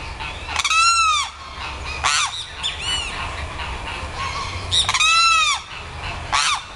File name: canto do carao